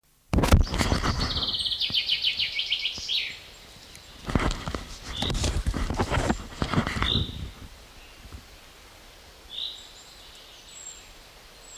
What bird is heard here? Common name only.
Common Chaffinch